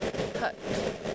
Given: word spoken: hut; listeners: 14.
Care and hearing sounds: one English word in noise, from a listening test; noise modulated by three-talker babble; -4.6 dB; 0 of 14; 8 of 14; 0.75 s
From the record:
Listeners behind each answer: 8, 3, 2, 1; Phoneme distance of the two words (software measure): 10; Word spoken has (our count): 1 syllable, 3 phonemes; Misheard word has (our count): 1 syllable, 3 phonemes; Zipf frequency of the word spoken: 3.82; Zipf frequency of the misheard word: 5.99

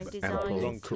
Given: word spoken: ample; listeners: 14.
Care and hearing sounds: one English word in noise, from a listening test; four-talker babble; -0.2 dB; 6 of 14; 7 of 14; 0.56 s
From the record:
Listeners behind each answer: 7, 6, 1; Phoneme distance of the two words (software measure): 7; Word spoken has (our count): 2 syllables, 4 phonemes, stress on syllable 1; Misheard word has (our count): 2 syllables, 3 phonemes, stress on syllable 1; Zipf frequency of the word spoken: 3.27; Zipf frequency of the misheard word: 4.58

